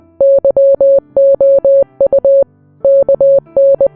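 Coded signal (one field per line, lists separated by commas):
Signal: Morse code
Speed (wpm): 20 wpm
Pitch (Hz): 550 Hz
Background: music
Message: YOU KN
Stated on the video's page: Morse code hidden in a fictional Minecraft ARG story.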